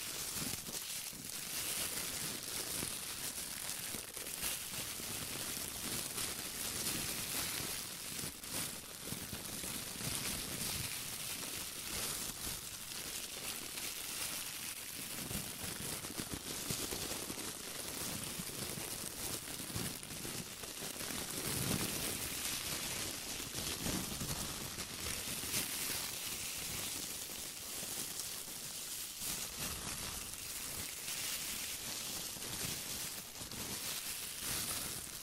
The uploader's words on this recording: ASMR Hand Sounds No Talking - Different Glove Sounds.